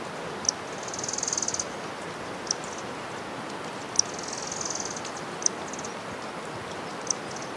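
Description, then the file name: Chestnut-winged Cinclodes giving two high, thin trills a few seconds apart, with a few short sharp high notes and constant broad rushing noise. "Cinclodes albidiventris - Chestnut-winged Cinclodes"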